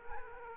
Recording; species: mosquito wingbeat signal from an infrared sensor; Culex quinquefasciatus